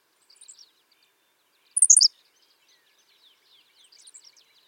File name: Ammodramus henslowii - Henslow's Sparrow